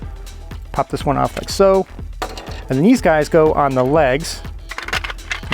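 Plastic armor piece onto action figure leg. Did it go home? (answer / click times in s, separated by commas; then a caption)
yes / 5.3 s, 5.5 s. Someone talks over background music while plastic armor pieces from the toy ship are pushed onto the bottom of the action figure's legs. A few small plastic clicks come near the end, and the pieces snap into place at about 5.3 s and 5.5 s.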